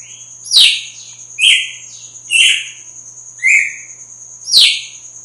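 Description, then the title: Red-cowled cardinal singing a lively series of five strong notes, sharp falling notes at the start and end with steadier whistled ones between, against a constant high whine. Female; sings strongly at dawn after the moult. "Canto Galo Campina Fêmea. GALO DE CAMPINA AÇOITA FORTE NA MADRUGADA DEPOIS DA MUDA"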